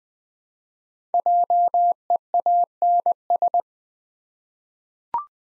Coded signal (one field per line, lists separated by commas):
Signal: Morse code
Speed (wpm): 20 wpm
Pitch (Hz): 700 Hz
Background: none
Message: JEANS